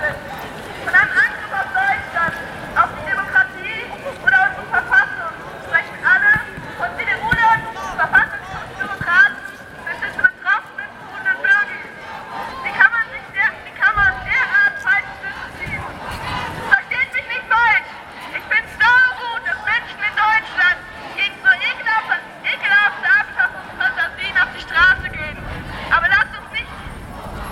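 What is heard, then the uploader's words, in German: A spontaneous demonstration in Freiburg: a crowd of voices talks and calls out at once, a dense, unbroken babble for the whole stretch. Brief low thumps or rumbles break through now and then, around the middle and again near the end. Spontandemonstration in Freiburg im Anschluss an die Kundgebung gegen Rechtsextremismus. Im Anschluss an die Großkundgebung mit rund 8000 Menschen formte sich ein spontaner antifaschistischer und außerparlamentarischer Demonstrationszug. Die Demonstration zog vom Platz der Alten Synagoge eine Runde durch die Innenstadt.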